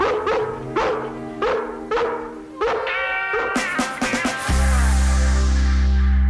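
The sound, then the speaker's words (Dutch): A dog barks repeatedly in a quick, steady rhythm of about eight sharp barks over a film soundtrack, ending as a loud, sustained orchestral chord swells up and holds. “Alleen dan maakt hij kans net zo iconisch te worden als deze hond.”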